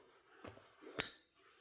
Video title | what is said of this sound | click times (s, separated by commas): Sixleaf SL-31 #knifereview #knifedisassembly | You hear it snap out of there? | 1.0 s